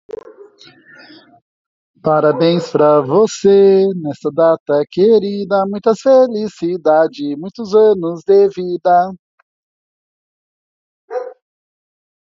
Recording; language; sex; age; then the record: short text; Brazilian Portuguese; male; 40 to 49 years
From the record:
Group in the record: control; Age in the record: 45 years